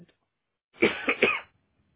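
A quick run of three harsh, throaty coughs from an adult man, one short coughing bout; the coughing fits are put down to his age.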